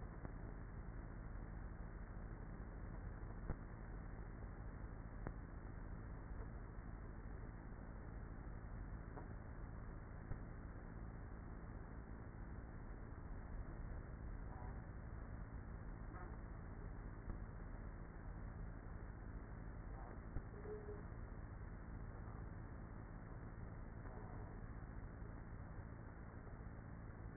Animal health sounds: honeybee colony, microphone inside the hive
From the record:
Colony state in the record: queenless with a low population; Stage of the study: after two queens were removed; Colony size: about 30,000 bees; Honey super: no

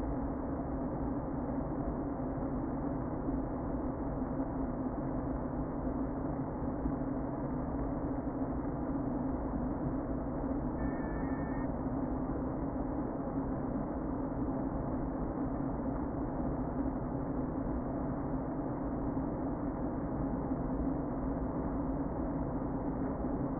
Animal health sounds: honeybee colony, microphone inside the hive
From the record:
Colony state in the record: queen present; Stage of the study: before two queens were removed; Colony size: about 60,000 bees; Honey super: yes

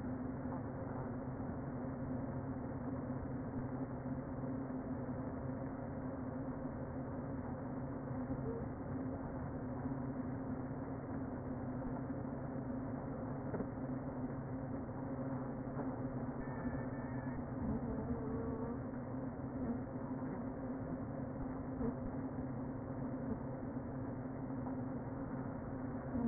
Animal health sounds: honeybee colony, microphone inside the hive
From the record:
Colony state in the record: queen present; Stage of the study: before two queens were removed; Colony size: about 60,000 bees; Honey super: yes

